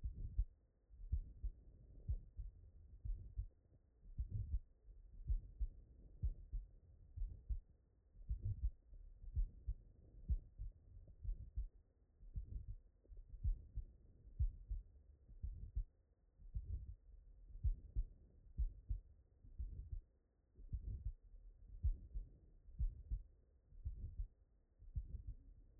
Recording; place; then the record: heart sounds by stethoscope; tricuspid valve (TV)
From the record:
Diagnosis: non-HFrEF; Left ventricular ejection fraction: 68%